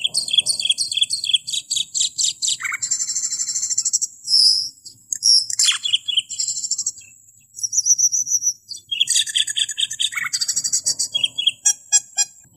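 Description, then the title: Asian glossy starling song: a restless stream of high squeaks, twangy clicks and sharp whistled notes, almost continuous with few pauses. "Suara Burung Cucak keling"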